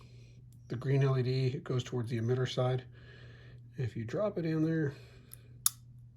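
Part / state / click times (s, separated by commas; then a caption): magnetic switch panel into lightsaber hilt chassis / seated / 5.7 s. Someone talks while a removable switch panel with reversed magnets, its green LED toward the emitter side, is dropped into the chassis of a Korbanth Y3 Golden Harvest v3 Pixel lightsaber hilt. The magnets pull the panel home with a sharp snap at 5.7 s, and it seats in place.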